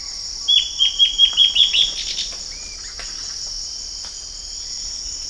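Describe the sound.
Bird giving a quick series of about nine short, high, down-slurred chirps that speed up and rise slightly, over a constant shrill insect drone.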